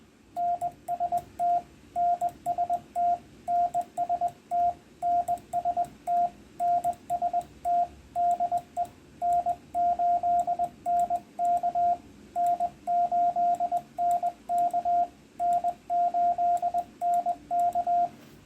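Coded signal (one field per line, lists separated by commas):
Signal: Morse code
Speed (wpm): 21 wpm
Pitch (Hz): 700 Hz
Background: radio noise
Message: NST NST NST NST NST DE N8NK N8NK N8NK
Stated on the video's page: CW antenna test transmissions reported by Reverse Beacon Network skimmers.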